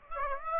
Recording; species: mosquito wingbeat signal from an infrared sensor; Aedes aegypti